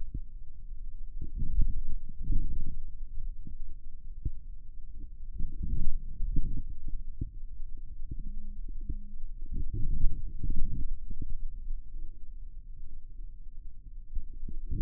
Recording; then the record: forearm muscle sounds (acoustic myography)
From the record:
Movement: radial deviation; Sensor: system 2, bracelet of six BSWA MPA416 microphones around the upper forearm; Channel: 4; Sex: male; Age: 22 years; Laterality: right